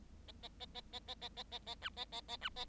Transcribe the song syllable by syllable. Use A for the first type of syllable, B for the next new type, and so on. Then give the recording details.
A A A A A A A A A A B A A A B A. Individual Bird7